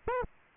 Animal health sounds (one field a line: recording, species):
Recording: mosquito wingbeat signal from an infrared sensor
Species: Aedes albopictus